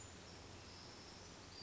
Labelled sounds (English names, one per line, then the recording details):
Western Flycatcher
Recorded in Sonoma County, California